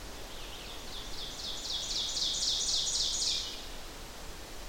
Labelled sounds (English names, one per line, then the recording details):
Ovenbird song
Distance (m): 30 m
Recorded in boreal forest in Alberta, Canada, on 12 June 2016 at 07:12
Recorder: SongMeter 3, array SBT-3-18
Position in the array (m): 239 m, 84 m
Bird 31